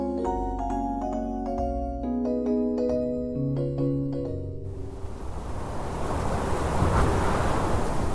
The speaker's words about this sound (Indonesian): Oh, anginnya kencang sekali.